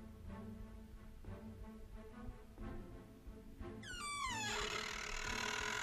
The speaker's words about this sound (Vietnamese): Hàn Phi không chút do dự, ôm bài vị, đi vào công ty bảo vệ. Cánh cửa vang lên âm thanh cọt kẹt, giận người.